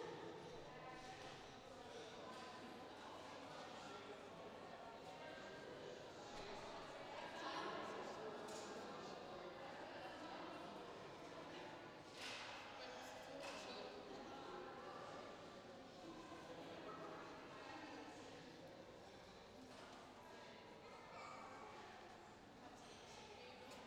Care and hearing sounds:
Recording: everyday scene through a hearing-aid microphone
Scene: reverberant space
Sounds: background noise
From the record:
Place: railway station hall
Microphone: in the ear canal, left

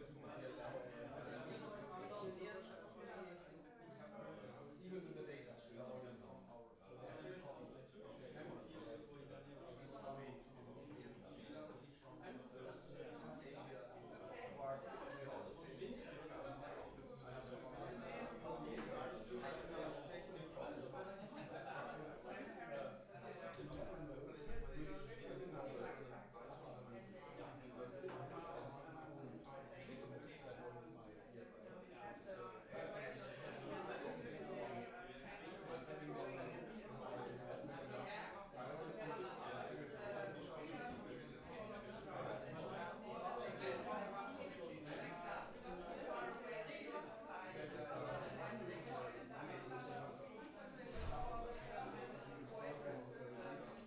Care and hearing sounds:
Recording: everyday scene through a hearing-aid microphone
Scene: many people talking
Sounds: many voices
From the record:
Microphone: behind the ear, left, rear

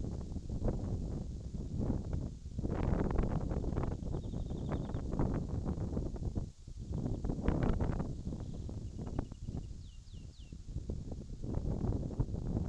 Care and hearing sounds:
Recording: everyday scene through a hearing-aid microphone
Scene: wind on the microphone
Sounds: wind, birds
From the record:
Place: in front of a rural house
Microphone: in the ear canal, left

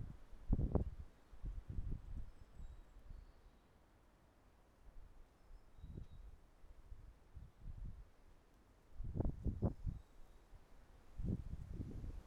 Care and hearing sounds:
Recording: everyday scene through a hearing-aid microphone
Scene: wind on the microphone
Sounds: wind, traffic, birds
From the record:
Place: suburban garden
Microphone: behind the ear, right, front

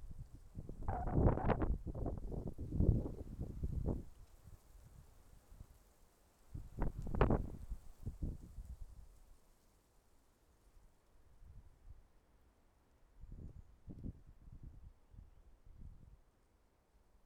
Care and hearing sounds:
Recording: everyday scene through a hearing-aid microphone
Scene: wind on the microphone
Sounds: wind, traffic, birds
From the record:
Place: suburban garden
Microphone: behind the ear, left, front

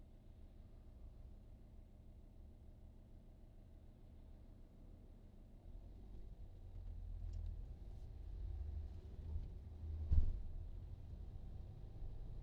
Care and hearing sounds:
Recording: everyday scene through a hearing-aid microphone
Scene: in a vehicle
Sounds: engine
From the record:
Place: VW T5 Caravelle, diesel engine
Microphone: in the ear canal, right

